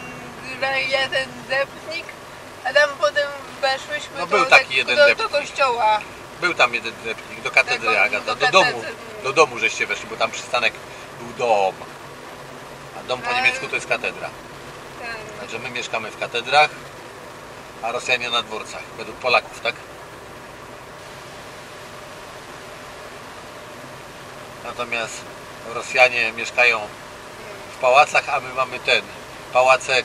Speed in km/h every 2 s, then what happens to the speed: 60, 57, 57, 58, 58, 58, 57, 58, 57, 57, 58, 58, 58, 59, 59.
0-30 steady at about 58.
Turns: none.